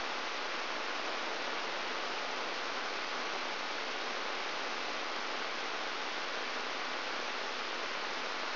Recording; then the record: brain microelectrode recording played as sound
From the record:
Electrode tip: outside the subthalamic nucleus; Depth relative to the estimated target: -1 mm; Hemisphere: right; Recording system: AlphaMap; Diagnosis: Parkinson's disease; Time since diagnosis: 20 years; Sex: female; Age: 65 years